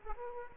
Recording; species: mosquito wingbeat signal from an infrared sensor; Aedes aegypti